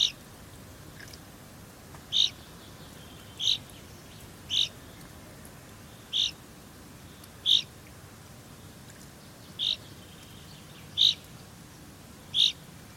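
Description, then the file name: Common chaffinch giving short, sharp single call notes, repeated irregularly about every one to two seconds, nine in all, over faint steady background hiss. "Fringilla coelebs"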